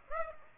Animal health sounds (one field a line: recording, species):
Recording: mosquito wingbeat signal from an infrared sensor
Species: Aedes aegypti